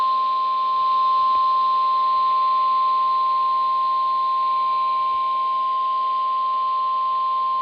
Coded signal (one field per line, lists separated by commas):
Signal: Emergency Alert System (SAME) tones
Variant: 1050 Hz attention tone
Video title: EAS Alerts From 7/11/26: A Compilation (EAS 1305-1315)